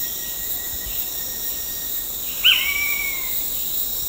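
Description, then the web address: Blue-headed pitta calls once midway, a sudden clear whistle that slides gently downward and fades, with dense insect hum throughout. Recorded at Danum on 9 August 2009. "DANUM 20090809. sound blue-headed pitta"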